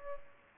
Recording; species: mosquito wingbeat signal from an infrared sensor; Culex pipiens